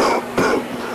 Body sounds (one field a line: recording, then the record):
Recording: coughing mixed with background sound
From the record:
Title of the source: Coughing 77